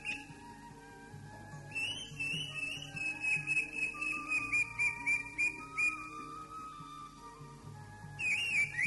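Greater green leafbird song: a long series of whistled notes at a fairly even pitch, ending with a brief rising note, over low background hum.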